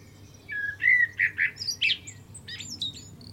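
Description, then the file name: Common blackbird delivering a fluty, warbling phrase that breaks into sharp, high twittering notes at the end. "Turdus merula"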